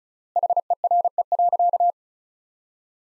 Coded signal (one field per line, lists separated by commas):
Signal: Morse code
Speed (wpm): 34 wpm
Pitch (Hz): 700 Hz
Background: none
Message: HERE.